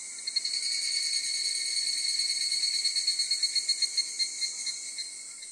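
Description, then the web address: Evening cicada song: a bright, ringing trill whose pulses become distinct and slower in a stuttering rhythm before the sound trails off. Local name kanakana. "insect kanakana"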